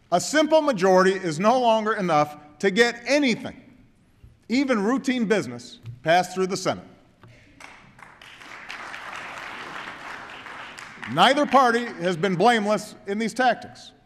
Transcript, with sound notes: A simple majority is no longer enough to get anything -– even routine business –- passed through the Senate. (Applause.) Neither party has been blameless in these tactics.